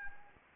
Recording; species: mosquito wingbeat signal from an infrared sensor; Anopheles gambiae